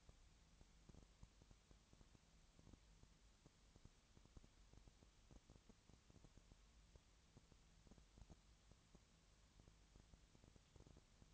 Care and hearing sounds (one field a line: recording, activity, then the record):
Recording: daily activity, microphone in the room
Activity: no activity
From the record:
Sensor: 3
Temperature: 20.6 degrees Celsius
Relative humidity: 34.7%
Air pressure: 1007.2 hPa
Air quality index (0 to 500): 137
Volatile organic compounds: 3 ppm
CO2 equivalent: 1527 ppm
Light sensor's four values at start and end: 2/3/2/2 and 2/3/2/2